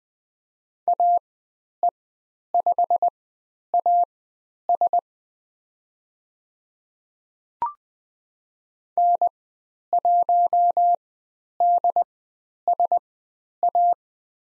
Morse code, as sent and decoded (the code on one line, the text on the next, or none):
.- . ..... .- ... / -. .---- -.. ... .-
AE5AS N1DSA